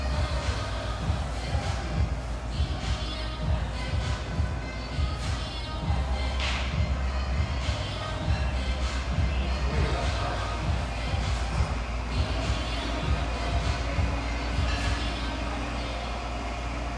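Lively chatter fills a spacious tea room, many voices overlapping into a dense, steady murmur with a low rumble beneath. Brief sharper sounds, like clinks of cups or dishes, pop out now and then, around six to seven seconds and again near fifteen.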